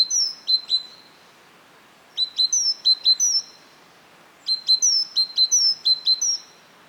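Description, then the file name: Great tit calls: clipped notes mixed with high, thin downslurred whistles, in three bursts roughly every two seconds, over faint background hiss. "Parus major"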